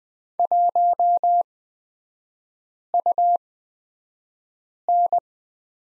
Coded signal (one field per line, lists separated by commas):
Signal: Morse code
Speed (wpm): 20 wpm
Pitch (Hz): 700 Hz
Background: none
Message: 1UN